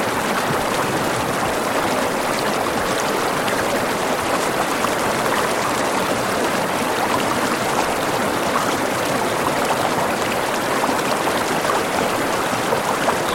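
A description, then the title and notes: A mountain stream rushes steadily, a dense, unbroken wash of water sound that holds the same level from start to finish. The flow is bright and hissy, full of fine splashes and bubbling, with little low rumble beneath and no other sounds standing out. Mountain Stream. Relaxing river soundtrack.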